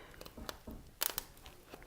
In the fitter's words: pressing the wick into the teeth to make sure it gets a good grip and I'm gonna you can hear it click I'll be quiet so you can hear that kind